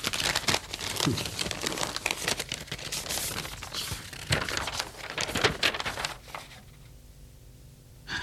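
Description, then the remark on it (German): Paper crinkles and rustles as a letter, a bill, is handled and unfolded, a dense run of crisp crackles for about six seconds that then drops to near silence. No one speaks. “Und dieser Brief, der lag vor der Tür. Gib mal her.”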